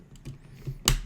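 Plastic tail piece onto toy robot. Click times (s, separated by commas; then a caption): 0.9 s. A plastic tail piece is attached to a toy robot to form the tail-sword configuration. Faint handling ticks come at 0.2 and 0.3 seconds, then a sharp click at 0.9 seconds as the tail seats on.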